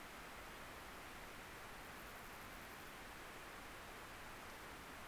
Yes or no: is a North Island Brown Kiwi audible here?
no